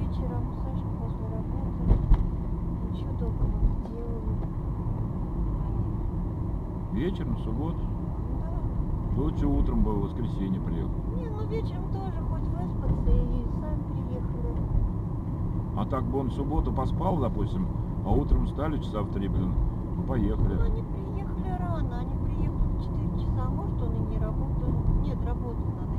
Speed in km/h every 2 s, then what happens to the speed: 42, 42, 43, 45, 47, 46, 46, 47, 47, 48, 48, 47, 48.
0-26 steady at about 47.